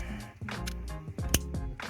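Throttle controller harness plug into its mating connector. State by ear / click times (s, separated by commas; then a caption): seated / 1.3 s. The plastic plug of a Pedal Commander add-on throttle module harness is pushed one-handed into its mating connector at the throttle pedal of a 2010 Chevy Camaro, over steady music. A sharp, bright click at 1.3 s marks the connector seating, surrounded by softer handling taps and rustles.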